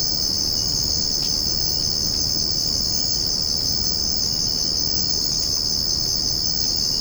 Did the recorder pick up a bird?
no